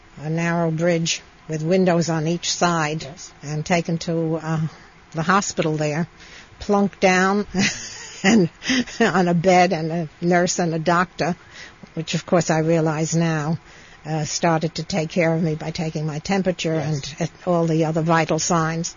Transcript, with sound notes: a narrow bridge with windows on each side, and taken to the hospital there. Plunked down (she laughs) on a bed and a nurse and a doctor, which of course I realized now, started to take care of me by taking my temperature and all the other vital signs.